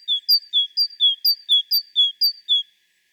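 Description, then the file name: Great tit two-note song, a high note dropping to a lower one, repeated several times in quick succession; no other sounds. "Parus major"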